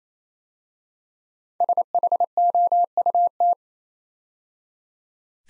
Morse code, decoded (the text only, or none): SHOUT